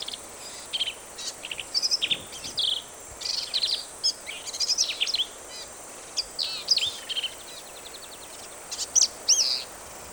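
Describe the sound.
Black-capped vireo song: hurried, jumbled phrases of harsh chips, twangy slurs and squeaky whistles, given in bursts with short pauses between them.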